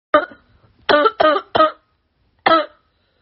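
Five short, voiced cough bursts in about three seconds: a single cough, a quick run of three, then a final one after a pause. Each is abrupt and fairly harsh, with a quiet room behind.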